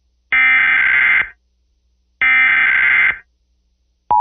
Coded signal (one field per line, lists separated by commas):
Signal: Emergency Alert System (SAME) tones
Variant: header bursts